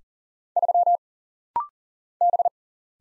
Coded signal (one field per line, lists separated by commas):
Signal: Morse code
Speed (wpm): 39 wpm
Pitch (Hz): 700 Hz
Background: none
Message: 3 B